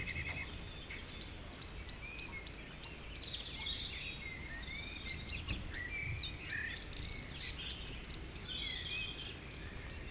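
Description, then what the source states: Birds singing, with rapid repeated high chirping notes in bursts and softer whistled phrases around them, over a low steady background rumble. Evening village birds in Tregastel bourg, Pleumeur-Bodou, France; around 8 pm, humid weather, April 2019; recorded with MKH 8040 ORTF pair, Rycote, Zoom H5.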